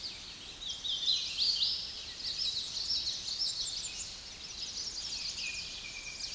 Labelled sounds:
Hooded Warbler (Setophaga citrina) song
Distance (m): 50 m
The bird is about 10 m above the microphone
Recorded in a Pennsylvania forest on 16 May 2024 at 07:27
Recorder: AudioMoth, point MSD-2143
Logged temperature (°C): 16.0 °C
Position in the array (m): 10 m, 152 m

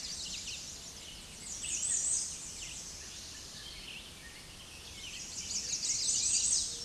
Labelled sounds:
American Redstart (Setophaga ruticilla) song
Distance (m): 20 m
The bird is about 10 m above the microphone
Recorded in a Pennsylvania forest on 16 May 2024 at 06:23
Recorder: AudioMoth, point MSD-2112
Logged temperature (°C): 16.3 °C
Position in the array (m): 35 m, 220 m

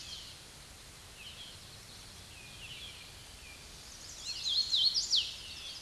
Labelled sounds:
Hooded Warbler (Setophaga citrina) song
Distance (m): 10 m
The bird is about 10 m above the microphone
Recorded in a Pennsylvania forest on 16 May 2024 at 07:23
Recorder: AudioMoth, point MSD-0814
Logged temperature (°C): 15.8 °C
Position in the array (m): 162 m, 118 m

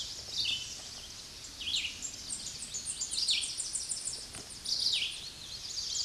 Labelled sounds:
Tennessee Warbler (Leiothlypis peregrina) song
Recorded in a Pennsylvania forest on 16 May 2024 at 08:51
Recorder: AudioMoth, point MSD-2443
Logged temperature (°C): 16.4 °C
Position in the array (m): 164 m, 185 m

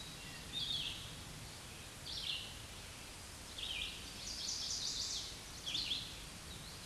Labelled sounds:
Red-eyed Vireo (Vireo olivaceus) song
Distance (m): 15 m
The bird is about 10 m above the microphone
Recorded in a Pennsylvania forest on 16 May 2024 at 07:59
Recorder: AudioMoth, point MSD-2287
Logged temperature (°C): 11.2 °C
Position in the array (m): 149 m, 29 m

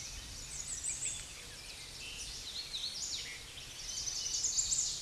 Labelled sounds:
Hooded Warbler (Setophaga citrina) song
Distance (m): 45 m
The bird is about 5 m above the microphone
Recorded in a Pennsylvania forest on 16 May 2024 at 09:28
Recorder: AudioMoth, point MSD-1405
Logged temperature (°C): 15.6 °C
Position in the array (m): 152 m, 147 m

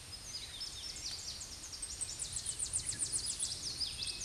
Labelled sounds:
Tennessee Warbler (Leiothlypis peregrina) song
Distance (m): 15 m
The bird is about 5 m above the microphone
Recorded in a Pennsylvania forest on 16 May 2024 at 07:04
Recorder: AudioMoth, point MSD-0665
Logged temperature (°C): 16.1 °C
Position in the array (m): 73 m, 104 m

